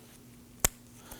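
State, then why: Seated. A chrome trim strip for a 2003-2014 Volvo XC90 is pressed into the plastic bumper lower grille trim molding. It snaps into place with one sharp, loud click at 0.6 seconds, followed by two faint ticks near 1.1 and 1.2 seconds. The strip is seated.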